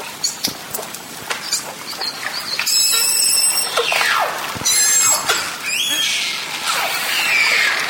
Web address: valaat beluga